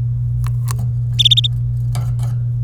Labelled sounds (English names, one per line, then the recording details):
Domestic Canary song
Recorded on 25 April 2018 at 11:54
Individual llb3